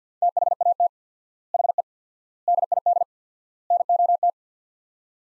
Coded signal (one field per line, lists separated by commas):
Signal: Morse code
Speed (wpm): 50 wpm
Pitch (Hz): 700 Hz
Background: none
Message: THAT HE DID NOT